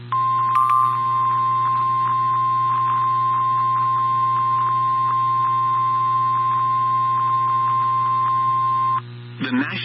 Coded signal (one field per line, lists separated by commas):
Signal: Emergency Alert System (SAME) tones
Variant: 1050 Hz attention tone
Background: speech